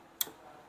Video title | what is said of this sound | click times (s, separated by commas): Brezza interior🔥- Luxury interior 🔥 Brezza zxi - Brezza zxi alloys - Nakamichi dash cam- Brezza mat | टक से आवाज़ आई मतलब ये 100% जेन्युइन कनेक्शन हो गया इसका। | 0.2 s